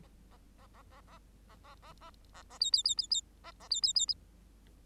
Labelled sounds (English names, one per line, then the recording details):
Bengalese Finch song
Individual Bird8